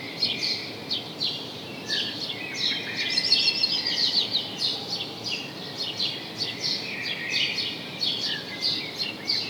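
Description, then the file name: House sparrow chirps, short bright notes repeated in an uneven stream, thickening into a dense chattering burst midway, over steady background hiss. "Passer domesticus"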